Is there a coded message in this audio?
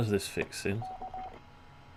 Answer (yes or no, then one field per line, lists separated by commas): no